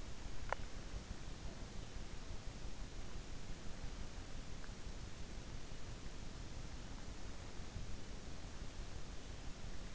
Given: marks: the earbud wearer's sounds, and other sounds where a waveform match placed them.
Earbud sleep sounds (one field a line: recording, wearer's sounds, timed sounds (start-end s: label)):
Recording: sounds in sleep by an in-ear microphone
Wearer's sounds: teeth grinding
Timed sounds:
0.00-1.19 s: teeth grinding